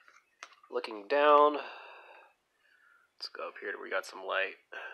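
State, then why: Seated. A pistol is pushed into a Scorpion Gear Slimline Modular polymer Level II retention paddle holster and seats with a sharp click at 0.4 s. Someone talks afterward.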